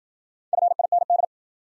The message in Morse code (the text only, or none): FIND